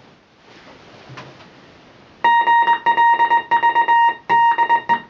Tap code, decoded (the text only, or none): none